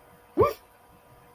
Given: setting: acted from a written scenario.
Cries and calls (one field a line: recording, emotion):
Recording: vocal sound without words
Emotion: negative surprise